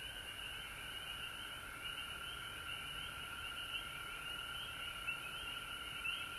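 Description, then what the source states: Frog chorus, a dense continuous trilling wall of many overlapping callers, holding steady throughout with a faint high hiss above. Frogs recorded at home in Georgia on March 19, 2020.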